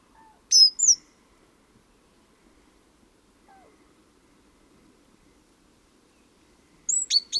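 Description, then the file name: Great tit calling with sharp, high, slurred notes in two quick bursts, one near the start and one at the end, separated by a long quiet stretch with a faint lower note. "Parus major"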